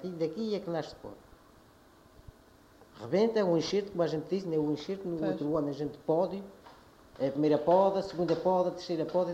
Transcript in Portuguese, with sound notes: Aqui Daqui é que nasce o pé. [pausa] Rebenta, é um enxerto como a gente diz, ainda é um enxerto,
Pois.
no outro ano, a gente poda-o. É a primeira poda, segunda poda, terceira poda e dali